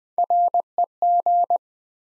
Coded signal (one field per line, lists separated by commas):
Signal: Morse code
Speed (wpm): 20 wpm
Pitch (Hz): 700 Hz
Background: none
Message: REG